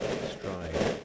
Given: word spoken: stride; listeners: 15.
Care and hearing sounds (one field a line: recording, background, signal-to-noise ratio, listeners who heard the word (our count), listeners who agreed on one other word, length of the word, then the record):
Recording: one English word in noise, from a listening test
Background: noise modulated by three-talker babble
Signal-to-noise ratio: -5.2 dB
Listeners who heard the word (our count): 3 of 15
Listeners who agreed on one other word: 12 of 15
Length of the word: 0.64 s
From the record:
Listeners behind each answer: 12, 3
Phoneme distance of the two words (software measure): 10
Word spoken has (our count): 1 syllable, 5 phonemes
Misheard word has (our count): 1 syllable, 5 phonemes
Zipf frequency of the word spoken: 3.86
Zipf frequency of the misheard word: 3.34